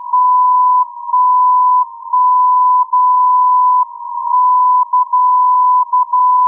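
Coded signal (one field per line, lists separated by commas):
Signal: radio time signal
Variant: MSF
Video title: MSF Time Signal, Anthorn U.K. - 60 kHz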